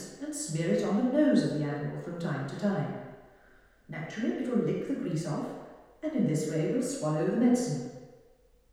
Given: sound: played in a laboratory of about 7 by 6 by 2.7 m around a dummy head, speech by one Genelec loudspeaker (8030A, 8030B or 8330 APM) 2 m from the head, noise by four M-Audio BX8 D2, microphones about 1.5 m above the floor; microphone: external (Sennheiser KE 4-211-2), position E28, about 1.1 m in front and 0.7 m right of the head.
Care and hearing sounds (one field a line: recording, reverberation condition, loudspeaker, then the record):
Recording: female speech in English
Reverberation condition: high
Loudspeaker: 90 degrees to the right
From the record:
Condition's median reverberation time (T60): about 1300 ms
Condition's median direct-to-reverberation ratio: about -4.0 dB